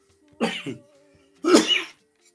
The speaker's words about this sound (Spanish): Ay, tengo un poco de tos.